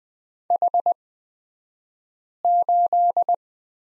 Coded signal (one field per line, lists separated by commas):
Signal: Morse code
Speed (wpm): 20 wpm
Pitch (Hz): 700 Hz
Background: none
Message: H8